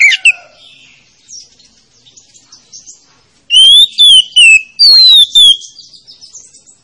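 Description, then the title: Oriental magpie-robin song: after a brief note and quiet, a loud run of whistled, slurred notes, ending in a falling note. Lure to make a reluctant, rarely singing magpie-robin start singing. "Pancingan Kacer Yg Malas Bunyi"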